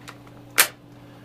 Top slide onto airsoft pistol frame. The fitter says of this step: it clicks into place fires